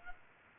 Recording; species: mosquito wingbeat signal from an infrared sensor; Culex pipiens